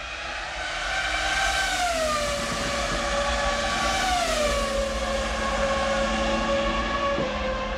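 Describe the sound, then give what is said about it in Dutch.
Formula 1 racing car engines, a 1954 Mercedes, a 1965 12-cylinder Honda, a 1972 Matra and a 2001 Ferrari, scream continuously at a high pitch, their overlapping tones sliding downward and shifting as the revs change, loud and steady for the whole stretch with no voices. “Het zijn geluiden die vele Formule 1-liefhebbers als muziek in de oren klinken.”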